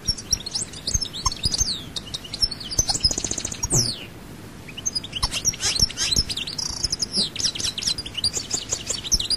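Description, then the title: European goldfinch song of quick twittering chirps, a short buzzy trill and sliding high notes, with a brief quieter pause midway. "Chant Chardonneret"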